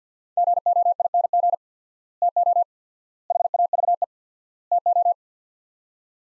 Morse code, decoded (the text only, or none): GOING TO HAVE TO